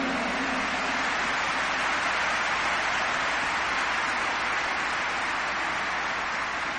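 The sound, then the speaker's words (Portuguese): A crowd at a religious sermon applauds steadily for several seconds at the preacher's invitation, a dense, even wash of clapping that holds at a constant loudness without any voices over it. “Pode aplaudir.”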